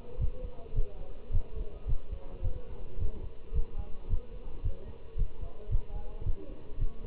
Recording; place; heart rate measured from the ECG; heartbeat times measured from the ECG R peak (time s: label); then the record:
heart sounds by stethoscope; between the tricuspid and mitral areas; 109 bpm
0.19 s: heartbeat
0.74 s: heartbeat
1.31 s: heartbeat
1.87 s: heartbeat
2.42 s: heartbeat
2.98 s: heartbeat
3.53 s: heartbeat
4.08 s: heartbeat
4.63 s: heartbeat
5.16 s: heartbeat
5.70 s: heartbeat
6.24 s: heartbeat
6.78 s: heartbeat
From the record:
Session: Bruce protocol treadmill stress test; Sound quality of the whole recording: good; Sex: male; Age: 25 years